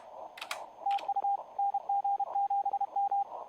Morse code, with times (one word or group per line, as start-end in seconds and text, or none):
0.9-1.4 TU
1.6-3.2 NG7M